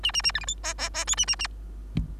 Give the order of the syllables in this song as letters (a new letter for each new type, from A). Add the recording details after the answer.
A A A B C D E E E F A A A. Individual Bird3